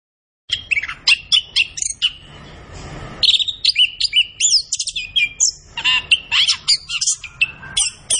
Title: Anis Kembang Gacor. Kicau Mania Masteran Anis Kembang